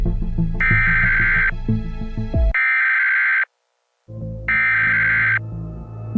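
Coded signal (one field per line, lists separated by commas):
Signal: Emergency Alert System (SAME) tones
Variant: header bursts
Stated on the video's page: Fictional zombie-themed EAS scenario.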